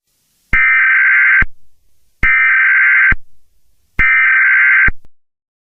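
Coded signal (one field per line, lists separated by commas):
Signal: Emergency Alert System (SAME) tones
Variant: header bursts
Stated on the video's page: Fictional EAS scenario using real EAS tones.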